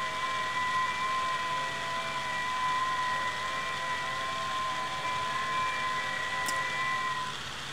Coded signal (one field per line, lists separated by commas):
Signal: FT8